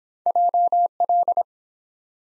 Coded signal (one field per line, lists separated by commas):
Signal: Morse code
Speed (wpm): 23 wpm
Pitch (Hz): 700 Hz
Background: none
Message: JL